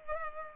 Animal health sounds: mosquito wingbeat signal from an infrared sensor; Culex pipiens

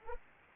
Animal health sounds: mosquito wingbeat signal from an infrared sensor; Anopheles arabiensis

